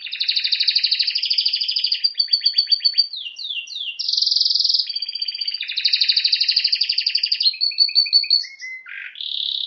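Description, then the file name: Canary in full song: pulsing buzzy trills, quick down-slurred notes, a bright sustained roll, then a short low note and a rising finish. "Canary Voice"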